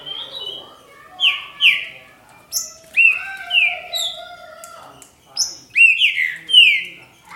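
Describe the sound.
Green-winged saltator whistling in short groups of slurred, falling notes, with a sustained lower warble in the middle and bright high chirps.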